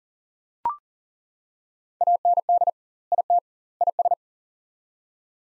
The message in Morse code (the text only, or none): AND IT IS